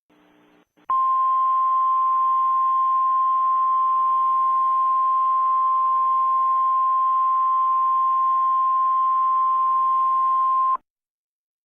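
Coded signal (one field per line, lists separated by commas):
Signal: Emergency Alert System (SAME) tones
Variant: 1050 Hz attention tone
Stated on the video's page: Mock (simulated) EAS alert.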